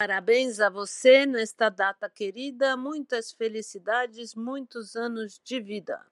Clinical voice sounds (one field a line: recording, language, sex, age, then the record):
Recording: short text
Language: Brazilian Portuguese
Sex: female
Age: 50 to 59 years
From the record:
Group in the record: control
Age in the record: 59 years